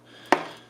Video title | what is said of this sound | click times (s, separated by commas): Unboxing & Overview Rosewill Nighthawk Z Full Tower Desktop PC case $59 steal | This is going to plug right in there, it looks like. Yep, snaps right in there. | 0.3 s